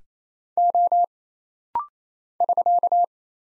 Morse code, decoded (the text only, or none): O <SK>